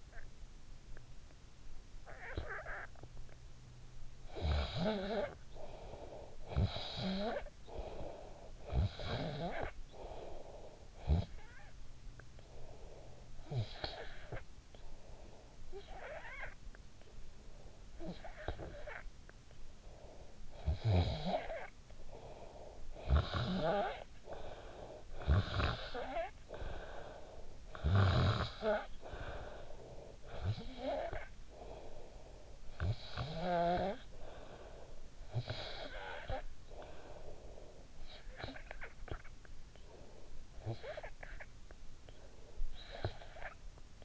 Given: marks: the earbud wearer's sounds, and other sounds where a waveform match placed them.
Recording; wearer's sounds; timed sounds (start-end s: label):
sounds in sleep by an in-ear microphone; snoring breath
1.52-3.49 s: snoring breath
4.15-17.38 s: snoring breath
17.66-42.16 s: snoring breath
42.33-44.04 s: snoring breath